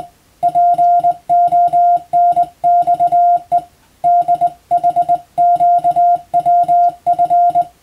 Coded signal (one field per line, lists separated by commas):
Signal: Morse code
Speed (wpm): 21 wpm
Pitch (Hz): 700 Hz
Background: music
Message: PONXE DHQWF